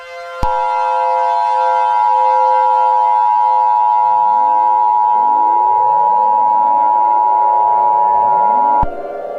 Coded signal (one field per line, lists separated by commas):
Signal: Emergency Alert System (SAME) tones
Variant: 853 and 960 Hz attention tone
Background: music